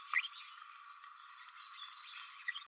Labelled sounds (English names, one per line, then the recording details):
Green-rumped Parrotlet babbling
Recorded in a nest box in Venezuela
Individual 18B104A3